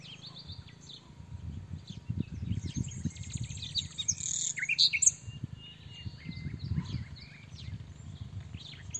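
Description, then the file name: Common nightingale sings a phrase of rapid clicking pulses followed by bright, varied whistled notes, with gusty low rumbling noise throughout. "Luscinia megarhynchos"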